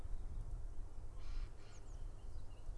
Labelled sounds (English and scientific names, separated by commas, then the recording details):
Eurasian Blue Tit (Cyanistes caeruleus)
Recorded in Germany
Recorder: ecoPi